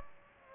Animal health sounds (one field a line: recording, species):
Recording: mosquito wingbeat signal from an infrared sensor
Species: Aedes aegypti